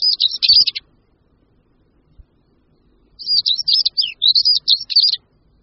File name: Bramborníček-černohlavý